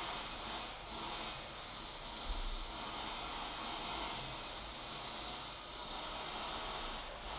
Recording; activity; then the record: daily activity, microphone in the room; vacuum cleaning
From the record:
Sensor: 5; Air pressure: 992.0 hPa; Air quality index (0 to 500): 175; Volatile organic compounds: 621 ppm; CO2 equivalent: 4959 ppm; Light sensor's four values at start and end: 30/104/38/41 and 30/104/38/41